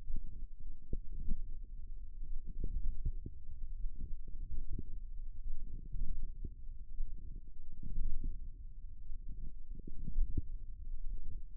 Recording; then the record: forearm muscle sounds (acoustic myography)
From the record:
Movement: hand closing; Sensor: system 1, eight BSWA MPA416 microphones around the upper forearm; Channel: 8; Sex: female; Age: 21 years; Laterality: right